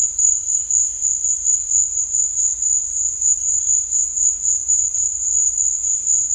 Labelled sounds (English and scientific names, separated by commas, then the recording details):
none
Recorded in dense forest near Puerto Asís, Putumayo, Colombia, on 18 December 2024 at 14:30
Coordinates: 0.484, -76.325
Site G056